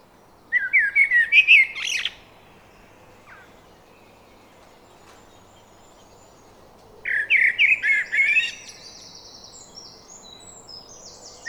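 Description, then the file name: Eurasian blackbird song: two phrases, each a short fluted warble that breaks into a squeaky high twitter, separated by about five seconds of quiet. "Turdus merula"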